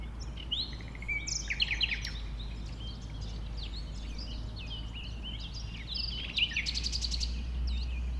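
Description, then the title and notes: Common nightingale song of quick varied phrases, ending in a fast stuttering trill, over a steady low rumble. Nightingale, one of a few settled on the banks of a stream forming a pond 1500 m from the A20 motorway; recorded around 8 am on Sunday 12 April. "Un Rossignol Envers Et Contre Tout. un rossignol venu avec quelques autres s'installer sur les rives d'un ruisseau formant un étang à 1500 mètres de l'A 20. Ces moments ont été enregistrés vers 8h le dimanche 12 avril"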